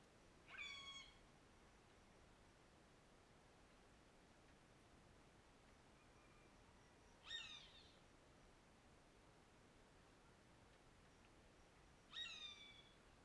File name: Passaros diferentes, alguns mais perto, em fim de tarde